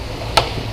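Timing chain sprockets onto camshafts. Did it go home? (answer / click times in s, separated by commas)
yes / 0.4 s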